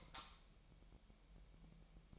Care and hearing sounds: daily activity, microphone in the room; light off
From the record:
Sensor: 1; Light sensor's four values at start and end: 13/40/16/17 and 5/11/4/5

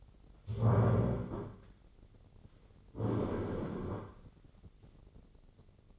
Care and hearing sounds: daily activity, microphone in the room; stand up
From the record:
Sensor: 4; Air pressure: 1010.1 hPa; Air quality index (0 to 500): 182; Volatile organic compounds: 2 ppm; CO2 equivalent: 1313 ppm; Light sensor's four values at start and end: 43/105/44/48 and 43/105/44/47

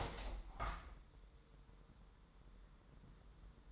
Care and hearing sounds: daily activity, microphone in the room; open window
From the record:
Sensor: 3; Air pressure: 999.9 hPa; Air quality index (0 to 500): 229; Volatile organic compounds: 103 ppm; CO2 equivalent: 3776 ppm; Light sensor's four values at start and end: 9/22/9/9 and 10/24/10/9

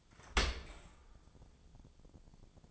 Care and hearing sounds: daily activity, microphone in the room; open dishwasher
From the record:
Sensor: 5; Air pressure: 1000.6 hPa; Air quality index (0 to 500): 148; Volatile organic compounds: 2 ppm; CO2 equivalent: 1137 ppm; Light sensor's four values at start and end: 41/93/40/43 and 41/94/40/44

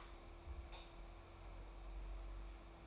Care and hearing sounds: daily activity, microphone in the room; light on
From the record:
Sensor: 1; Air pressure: 991.0 hPa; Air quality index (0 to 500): 108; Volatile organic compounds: 93 ppm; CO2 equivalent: 3710 ppm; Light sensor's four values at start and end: 23/51/22/24 and 26/66/27/29

